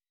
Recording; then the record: hydrophone in a shrimp aquaculture tank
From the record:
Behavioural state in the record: weakened